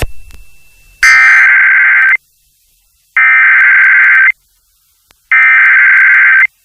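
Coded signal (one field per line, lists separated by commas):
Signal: Emergency Alert System (SAME) tones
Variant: header bursts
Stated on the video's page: Flash Flood Warning for Texas/Arkansas caught off a radio station.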